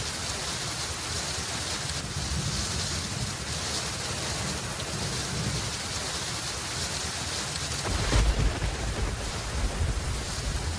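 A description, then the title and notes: Steady rain falls in a dense, even hiss with a bright upper edge and a low rumble underneath. Around eight seconds a deep thump of thunder swells the low end briefly, then the downpour continues unchanged. Surround Sound Rain.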